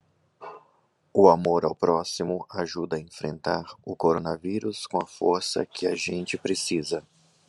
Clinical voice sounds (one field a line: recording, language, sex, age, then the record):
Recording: spoken sentence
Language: Brazilian Portuguese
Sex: male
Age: 40 to 49 years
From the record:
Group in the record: control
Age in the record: 40 years